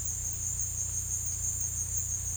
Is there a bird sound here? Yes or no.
no